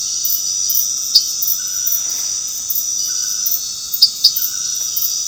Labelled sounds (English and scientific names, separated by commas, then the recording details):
none
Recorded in dense forest near Puerto Asís, Putumayo, Colombia, on 8 March 2025 at 20:00
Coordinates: 0.486, -76.317
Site G053